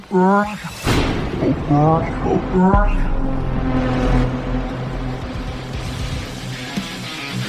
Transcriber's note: thunder claps